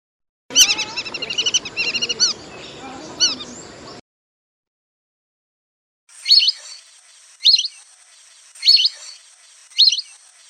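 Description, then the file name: Lesser whistling duck chorus of overlapping whistled notes for about three and a half seconds, then four short high chirps repeated roughly every second over a steady hiss. "burung belibis polos. omkicau"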